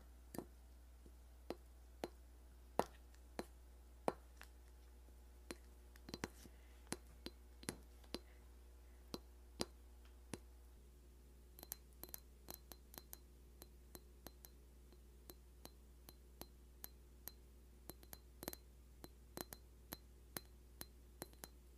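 Sharp, bright glassy taps on a Christmas ornament come irregularly, sparse at first and quickening after eleven seconds, over a steady low hum.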